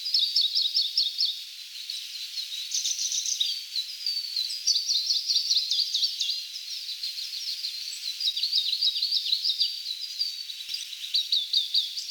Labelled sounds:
Siberian Blue Robin (Luscinia cyane) song

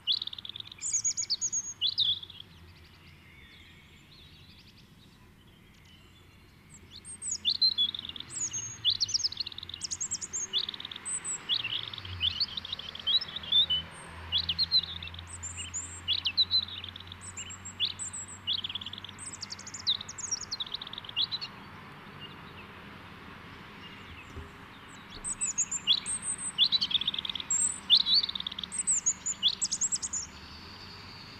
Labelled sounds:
European Robin (Erithacus rubecula) song

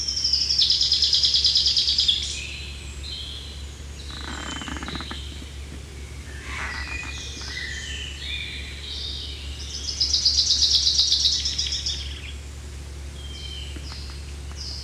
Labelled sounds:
Common Chaffinch (Fringilla coelebs) song

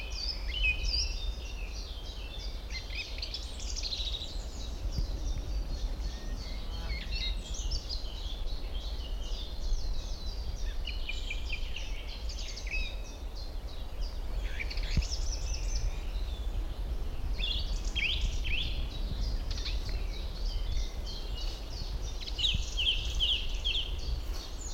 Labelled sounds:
Song Thrush (Turdus philomelos)

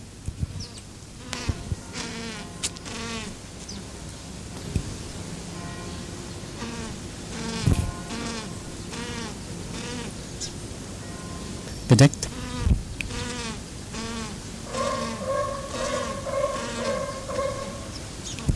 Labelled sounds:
Humboldt Penguin (Spheniscus humboldti) call

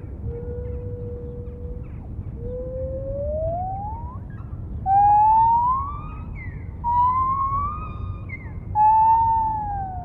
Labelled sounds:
Lar Gibbon (Hylobates lar)

